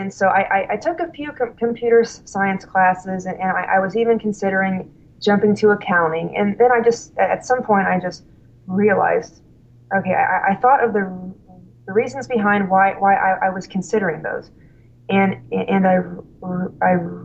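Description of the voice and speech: Adult woman's conversational speech with repeated 'I-I-I' whole-word repetitions, prolonged sounds and blocking pauses: stuttering, in a woman who was already stuttering severely when she started college.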